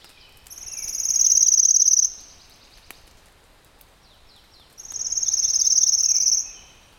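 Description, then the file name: Pale-legged leaf warbler singing two thin, high, cricket-like trills, each about one and a half seconds long, separated by roughly three seconds of quiet. "warbler-pale-legged-leaf a-Phylloscopus-tenellipes"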